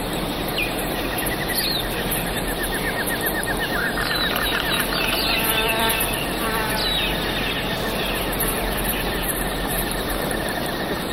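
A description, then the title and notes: Birds chirp over a steady, dense rustle of leaves that fills the whole clip. Rapid trilled calls and short sweeping whistles come and go, clustering most busily around the middle, while a high insect-like buzz holds constant above everything. Sounds of Exotic Wildlife. The chirping of birds, the rustling of leaves.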